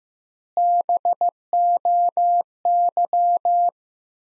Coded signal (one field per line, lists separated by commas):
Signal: Morse code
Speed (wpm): 16 wpm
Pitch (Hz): 700 Hz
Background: none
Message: BOY